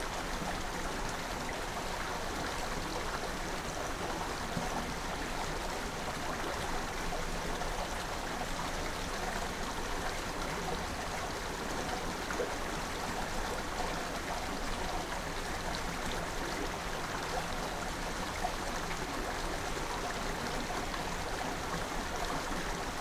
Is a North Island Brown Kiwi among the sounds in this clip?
no